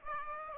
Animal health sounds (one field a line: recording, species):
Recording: mosquito wingbeat signal from an infrared sensor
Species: Aedes aegypti